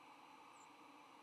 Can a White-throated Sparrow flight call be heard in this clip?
no